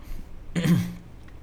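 An adult man clears his throat with a single short cough; his throat is irritated during hay-fever season and he keeps coughing.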